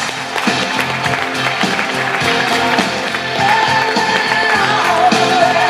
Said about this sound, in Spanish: Madre mía, un súper aplauso